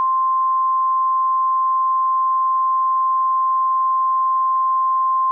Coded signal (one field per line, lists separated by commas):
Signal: Emergency Alert System (SAME) tones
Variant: 1050 Hz attention tone